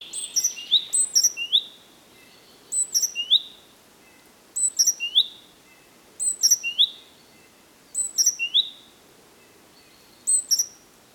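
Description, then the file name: Great tit calls: high, sharp notes with short sliding whistles, grouped in short bursts that repeat about every two seconds over a quiet background. "Parus major"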